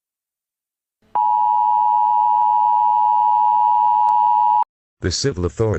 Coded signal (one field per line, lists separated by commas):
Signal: Emergency Alert System (SAME) tones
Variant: 853 and 960 Hz attention tone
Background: speech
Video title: EAS Scenario - CATastrophe (4K)